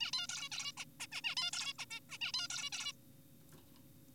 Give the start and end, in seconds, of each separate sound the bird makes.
0.01-0.12, 0.13-0.27, 0.29-0.49, 0.52-0.72, 0.78-0.85, 1.00-1.07, 1.12-1.22, 1.24-1.35, 1.37-1.51, 1.53-1.73, 1.79-1.85, 1.91-2.00, 2.10-2.18, 2.21-2.32, 2.34-2.48, 2.50-2.70, 2.72-2.92